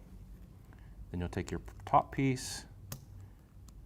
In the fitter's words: slide it over top of that and you'll hear positive clicks when it's engaged